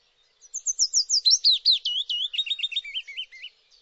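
Bird delivering one lively, rapid phrase of high chirps and warbling notes that gradually drop in pitch toward the end.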